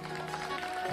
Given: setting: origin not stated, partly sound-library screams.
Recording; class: one-second piece from a danger detection set; normal situation